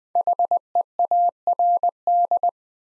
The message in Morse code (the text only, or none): HEARD